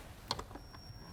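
A plastic lid is worked onto a KitchenAid cook processor bowl after the machine beeped because the lid was not locked. A sharp click at 0.3 s marks the lid locking into place, followed by a softer click at 0.4 s and a faint steady tone. The lid is seated and locked, and someone talks to confirm it.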